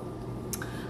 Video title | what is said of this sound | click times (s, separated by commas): KITCHENDAO Bamboo Salt Cellar Bowl Box Container with Built-in Spoon to avoid Dust, Elegant Kitchen | magnetic little stop so that it kind of Clicks in place | 0.5 s, 0.6 s